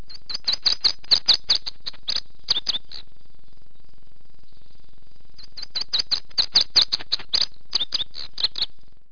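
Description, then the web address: Bunting giving two bursts of rapid, high chipping notes separated by a silent gap of a few seconds. "webster. BUNTING"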